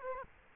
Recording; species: mosquito wingbeat signal from an infrared sensor; Aedes aegypti